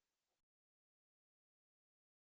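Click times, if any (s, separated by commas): none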